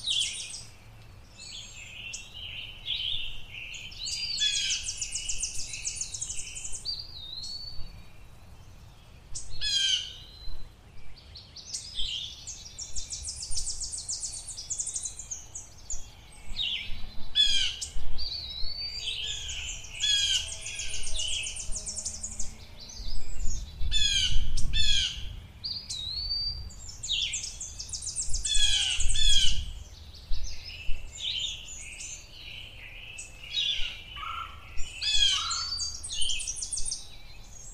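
Birds sing almost without pause in a springtime forest, bright trills and rapid chirps overlapping from several directions. A soft low rumble of wind or other noise runs underneath, swelling briefly around the middle.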